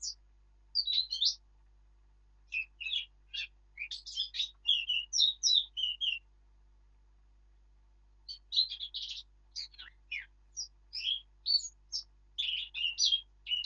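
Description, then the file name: Eurasian blackcap song: scratchy, chattering warble in two phrases of several seconds each, high and varied, separated by a short gap. "Sylvia atricapilla"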